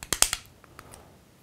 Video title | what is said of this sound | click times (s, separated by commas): 3D Printing the Hawkmoon from Destiny and Gluing it Together | there a couple clicks but then | 0.1 s, 0.2 s